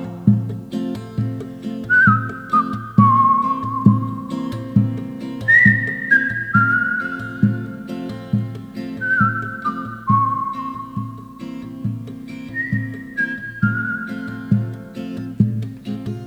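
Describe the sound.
A person whistles a melody in clear, sliding phrases that step downward, repeating the pattern four times over steady rhythmic instrumental backing with a low pulsing beat.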